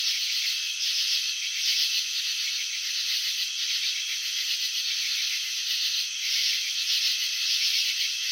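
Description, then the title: Cricket chirping as a dense, steady run of high, buzzy trills that pulse unevenly throughout, with no other sounds. Crickets chirping, shown in a slow-motion video of wing vibrations and antenna movements. "Crickets in Slow Motion. Capturing the Elegance of Chirping"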